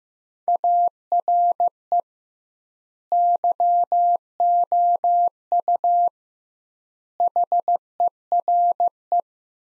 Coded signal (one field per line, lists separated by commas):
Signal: Morse code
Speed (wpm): 16 wpm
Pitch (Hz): 700 Hz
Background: none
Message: ARE YOU HERE